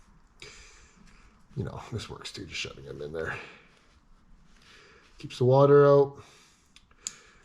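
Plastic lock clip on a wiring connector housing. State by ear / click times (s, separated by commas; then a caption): seated / 7.1 s. Someone talks while working on the wiring of a Holley 19-350 fuel pump kit customized with dual 340 LPH pumps. The plastic lock on the weatherproof connector housing is clipped shut over the seated terminals with a sharp click at 7.1 s. The connector lock is seated.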